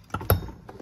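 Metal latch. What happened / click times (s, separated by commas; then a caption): The latch snapped open / 0.3 s. The seat release latch on the folding rear seat of a Honda Pioneer 700-4 (Deluxe) is pulled open, producing a loud, sharp click at 0.3 s as the latch releases. Softer knocks come just before and after.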